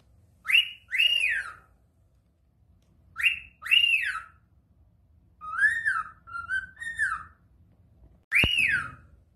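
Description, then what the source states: Cockatiel whistling: arched notes that rise then fall, given singly or in pairs every few seconds, one run of three notes, with a click near the end. Cockatiels singing and whistling, more than one bird.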